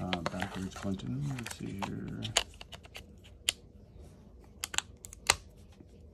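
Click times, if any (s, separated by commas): 3.5 s, 4.6 s, 4.8 s, 5.3 s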